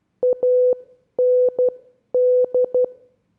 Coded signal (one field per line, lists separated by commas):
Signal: Morse code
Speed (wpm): 12 wpm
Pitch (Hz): 500 Hz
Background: none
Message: AND